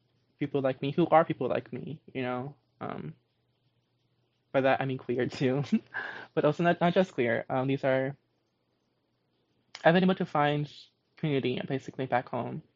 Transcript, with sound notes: people like me--who are people like me, you know? By that, I mean queer too [laughs] but also not just queer. These are--I've been able to find community basically back home,